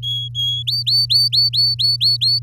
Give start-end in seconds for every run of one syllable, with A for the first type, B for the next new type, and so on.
0.02-0.63 A, 0.67-2.39 B